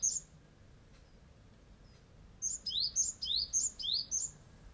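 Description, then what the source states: Bird song: a single high note, a quiet pause, then a quick burst of high, sharp sweeping notes, over faint background hiss. Small bird perched on a cherry tree at home in Japan, singing during the COVID-19 stay-at-home period.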